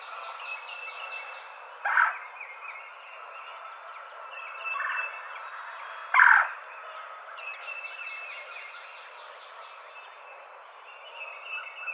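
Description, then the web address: Red-bellied woodpecker calls, three harsh rolling notes spaced a few seconds apart, with thin whistles and trills from other birds around them. Recorded 24 April 2007. "Red-bellied Woodpecker 2007 04 24"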